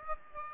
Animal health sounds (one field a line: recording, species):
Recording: mosquito wingbeat signal from an infrared sensor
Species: Aedes aegypti